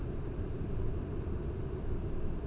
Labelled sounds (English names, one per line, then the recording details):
none
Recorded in Germany
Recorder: ecoPi